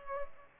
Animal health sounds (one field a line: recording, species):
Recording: mosquito wingbeat signal from an infrared sensor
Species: Culex pipiens